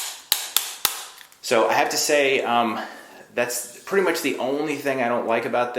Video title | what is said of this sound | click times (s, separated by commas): MANGROOMER Ultimate Pro Review | But if I unlock it again, then I can get it to go back down. | 0.3 s, 0.6 s, 0.9 s